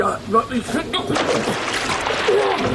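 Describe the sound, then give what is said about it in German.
A voice speaks briefly, then a body plunges into the water of a main sewer channel with a loud, broad splash that gives way to about two seconds of steady churning and sloshing. “Ja, Luft an, Nase zu und dann Sprung ab, Marsch.”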